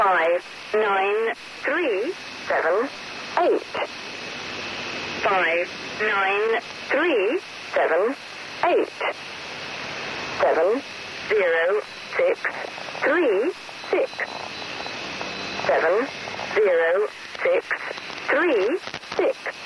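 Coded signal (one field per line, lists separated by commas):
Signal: numbers station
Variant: Lincolnshire Poacher, English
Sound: voice reading five-digit groups in English, each group spoken twice, over hiss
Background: radio static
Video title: Tracking the Lincolnshire Poacher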